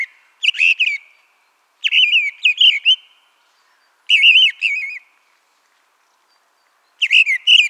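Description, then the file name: Mistle Thrush song of repeated short fluty phrases, each a quick run of rich whistled notes, delivered roughly every one to three seconds against silence. "turdus viscivorus"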